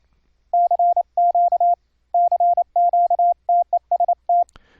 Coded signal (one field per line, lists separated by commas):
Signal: Morse code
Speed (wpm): 28 wpm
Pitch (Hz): 700 Hz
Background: none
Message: CQ CQ TEST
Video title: Morse Code QSO over the internet - software setup - config 8 - Jackrouter - 555 cpo